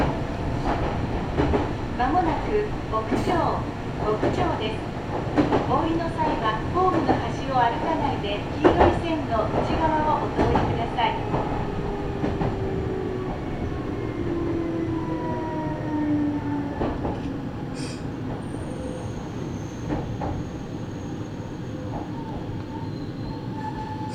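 A Meitetsu Bishi Line train runs with a steady low rumble and dense clatter from the wheels. Through the first ten seconds, sharp knocks come quickly and irregularly, then ease into a smoother roll. Thin whining tones glide downward as the train slows.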